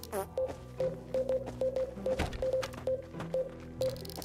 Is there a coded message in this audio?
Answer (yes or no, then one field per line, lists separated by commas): no